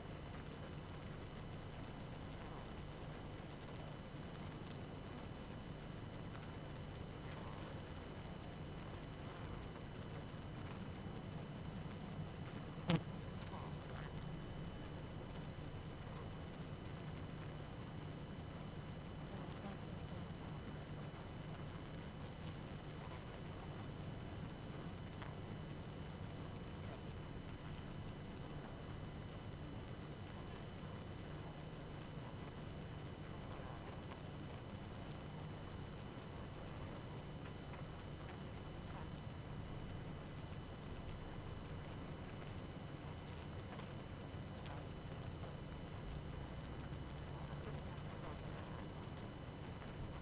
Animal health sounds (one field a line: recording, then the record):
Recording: honeybee colony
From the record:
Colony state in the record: active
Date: 12 June 2018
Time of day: 22:10